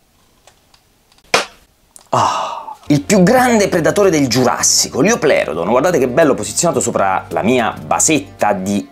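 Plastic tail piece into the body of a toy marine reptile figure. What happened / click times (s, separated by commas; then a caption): The plastic piece snapped into place / 1.3 s. A detachable plastic tail piece is fitted into the plastic body of a Mattel Liopleurodon marine reptile figure. After a few faint ticks, it seats with a loud, sharp snap at 1.3 s, and then someone talks.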